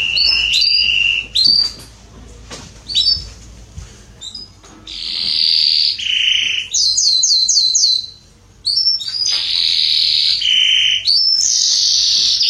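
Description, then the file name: Canary song alternating sustained buzzy trills with a burst of rapid repeated downslurred notes, broken by a few short pauses. "canto do canario belga salsa"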